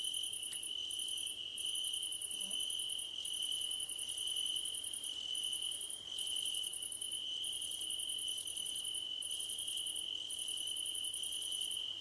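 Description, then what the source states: Cricket chorus, a continuous high-pitched trill overlaid by very high rapid pulsed bursts that come in runs separated by short gaps. Crickets at night under a starlit sky, presented as nighttime ambience for sleep and relaxation.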